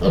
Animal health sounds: pig call; piglet (1 to 25 days)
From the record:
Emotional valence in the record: positive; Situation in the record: reunion after long isolation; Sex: male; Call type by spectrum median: low-frequency call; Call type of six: low-frequency tonal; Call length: 0.11 s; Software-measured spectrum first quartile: 160 Hz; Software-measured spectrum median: 336 Hz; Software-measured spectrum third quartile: 585 Hz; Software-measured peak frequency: 172 Hz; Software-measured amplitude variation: 74 dB a second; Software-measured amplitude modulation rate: 4.4 a second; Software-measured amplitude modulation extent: 16.9 dB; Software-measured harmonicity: 3.0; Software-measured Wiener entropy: -0.90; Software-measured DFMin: 512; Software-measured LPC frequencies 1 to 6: 475, 3032, 4317, 5404, 6500, 7214 Hz

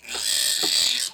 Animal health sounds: pig call; piglet (1 to 25 days)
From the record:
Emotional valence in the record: negative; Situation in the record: castration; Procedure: castration, cut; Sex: male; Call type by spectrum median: high-frequency call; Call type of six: high-frequency modulated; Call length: 1.14 s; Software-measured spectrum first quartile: 3961 Hz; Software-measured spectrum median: 5222 Hz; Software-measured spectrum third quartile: 8048 Hz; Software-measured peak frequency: 4384 Hz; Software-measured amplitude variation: 120 dB a second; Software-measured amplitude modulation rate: 31.7 a second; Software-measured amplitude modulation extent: 3.8 dB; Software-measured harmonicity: 0.8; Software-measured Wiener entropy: -1.59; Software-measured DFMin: 1019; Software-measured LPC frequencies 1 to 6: 628, 1825, 2605, 3459, 4067, 4637 Hz

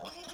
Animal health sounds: pig call; piglet (1 to 25 days)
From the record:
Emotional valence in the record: negative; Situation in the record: short isolation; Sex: female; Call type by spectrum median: low-frequency call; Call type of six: mixed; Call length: 0.34 s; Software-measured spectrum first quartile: 653 Hz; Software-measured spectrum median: 2015 Hz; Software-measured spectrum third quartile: 4537 Hz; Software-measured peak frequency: 689 Hz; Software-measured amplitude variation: 112 dB a second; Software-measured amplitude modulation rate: 16.1 a second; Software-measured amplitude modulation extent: 6.9 dB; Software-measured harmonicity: 2.5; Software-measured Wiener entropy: -1.79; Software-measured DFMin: 891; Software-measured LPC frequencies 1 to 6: 691, 1310, 2556, 3290, 5103, 5537 Hz

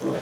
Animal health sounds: pig call; piglet (1 to 25 days)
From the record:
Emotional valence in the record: positive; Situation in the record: huddling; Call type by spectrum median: low-frequency call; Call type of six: low-frequency modulated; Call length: 0.22 s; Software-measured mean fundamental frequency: 60 Hz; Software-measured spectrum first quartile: 298 Hz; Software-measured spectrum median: 444 Hz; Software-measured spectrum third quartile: 753 Hz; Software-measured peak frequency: 325 Hz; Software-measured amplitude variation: 100 dB a second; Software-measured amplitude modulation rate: 20.6 a second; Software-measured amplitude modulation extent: 4.9 dB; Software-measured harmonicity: 1.2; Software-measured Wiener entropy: -0.62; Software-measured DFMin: 1342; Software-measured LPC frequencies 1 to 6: 449, 3297, 4671, 5449, 6230, 7053 Hz

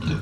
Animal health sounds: pig call; growing-finishing pig (85 days or more)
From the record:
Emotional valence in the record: positive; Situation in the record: run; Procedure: transit

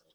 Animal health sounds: pig call; piglet (1 to 25 days)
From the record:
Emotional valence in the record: positive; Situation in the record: reunion after long isolation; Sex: male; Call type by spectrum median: high-frequency call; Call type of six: low-frequency tonal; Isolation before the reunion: 8 minutes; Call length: 0.15 s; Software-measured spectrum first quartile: 532 Hz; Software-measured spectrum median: 2548 Hz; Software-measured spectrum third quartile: 5062 Hz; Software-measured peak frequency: 544 Hz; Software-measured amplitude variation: 165 dB a second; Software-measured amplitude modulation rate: 13.6 a second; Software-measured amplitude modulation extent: 12.1 dB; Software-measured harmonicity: 4.0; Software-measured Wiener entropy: -1.86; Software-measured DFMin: 938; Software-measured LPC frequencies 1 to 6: 537, 1418, 3244, 3745, 5348, 7641 Hz

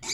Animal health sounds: pig call; weaner (32 to 43 days)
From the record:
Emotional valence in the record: negative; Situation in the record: long isolation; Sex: female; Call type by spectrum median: high-frequency call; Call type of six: high-frequency stable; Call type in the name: high-frequency stable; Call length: 0.14 s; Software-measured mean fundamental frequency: 453 Hz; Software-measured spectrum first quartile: 2981 Hz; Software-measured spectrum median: 4727 Hz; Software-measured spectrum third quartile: 6351 Hz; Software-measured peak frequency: 4722 Hz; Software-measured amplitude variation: 83 dB a second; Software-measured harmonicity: 2.0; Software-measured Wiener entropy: -2.02

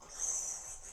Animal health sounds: pig call; piglet (1 to 25 days)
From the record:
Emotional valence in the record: negative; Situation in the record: crushing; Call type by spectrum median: high-frequency call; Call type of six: high-frequency stable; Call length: 0.93 s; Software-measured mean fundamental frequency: 254 Hz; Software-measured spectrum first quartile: 5427 Hz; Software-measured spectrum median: 6257 Hz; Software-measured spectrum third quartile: 6913 Hz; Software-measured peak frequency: 6280 Hz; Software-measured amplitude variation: 108 dB a second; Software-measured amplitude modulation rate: 22.1 a second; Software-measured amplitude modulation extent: 4.9 dB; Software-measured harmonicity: 6.8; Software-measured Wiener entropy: -2.78

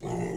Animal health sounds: pig call; weaner (32 to 43 days)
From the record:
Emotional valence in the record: negative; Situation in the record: long isolation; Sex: female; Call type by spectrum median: low-frequency call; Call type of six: low-frequency modulated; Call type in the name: low-frequency modulated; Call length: 0.37 s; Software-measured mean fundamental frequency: 59 Hz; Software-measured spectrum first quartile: 204 Hz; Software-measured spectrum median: 380 Hz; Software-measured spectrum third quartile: 780 Hz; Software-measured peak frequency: 376 Hz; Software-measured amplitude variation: 125 dB a second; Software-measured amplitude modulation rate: 27.1 a second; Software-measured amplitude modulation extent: 4.6 dB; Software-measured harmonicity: 1.3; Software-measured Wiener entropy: -0.59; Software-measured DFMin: 784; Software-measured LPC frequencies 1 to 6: 373, 808, 1986, 2725, 3887, 4999 Hz

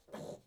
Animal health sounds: pig call; piglet (1 to 25 days)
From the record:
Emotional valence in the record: negative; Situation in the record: restrain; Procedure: back test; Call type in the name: low-frequency call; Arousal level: maximum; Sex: male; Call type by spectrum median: low-frequency call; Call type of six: low-frequency stable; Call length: 0.46 s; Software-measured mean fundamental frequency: 51 Hz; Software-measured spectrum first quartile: 363 Hz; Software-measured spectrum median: 590 Hz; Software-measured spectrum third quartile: 1330 Hz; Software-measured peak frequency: 582 Hz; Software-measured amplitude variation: 197 dB a second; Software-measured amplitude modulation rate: 18.3 a second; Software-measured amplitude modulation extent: 10.7 dB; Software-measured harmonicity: 1.3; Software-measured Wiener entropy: -0.86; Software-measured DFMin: 1169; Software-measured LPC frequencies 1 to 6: 563, 1729, 3380, 4089, 5514, 6399 Hz

